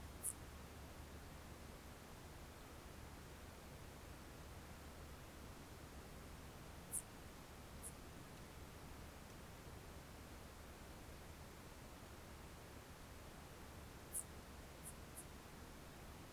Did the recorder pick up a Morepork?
no